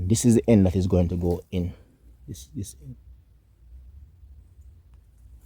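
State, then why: Not seated. Someone talks while holding up a plastic drip irrigation fitting, pointing out the end that will be inserted into the tubing or connector and lining it up. After the talking stops around 3 seconds, only low background hum remains, with a very faint tick near 4.9 seconds. Nothing has been pushed in, seated or clicked yet.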